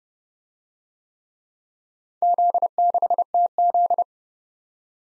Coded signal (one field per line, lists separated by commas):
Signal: Morse code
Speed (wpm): 27 wpm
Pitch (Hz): 700 Hz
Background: none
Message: Z6TZ